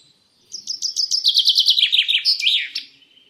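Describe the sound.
Common chaffinch singing one cheerful, rattling phrase of repeated high notes that gradually descend before closing with a short emphatic flourish.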